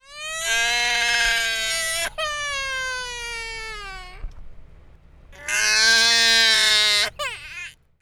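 Three long, loud wailing cries with a clear, high-pitched tone; the second falls in pitch as it fades, and a brief choppy whimper follows the last. These are typical vigorous infant cries.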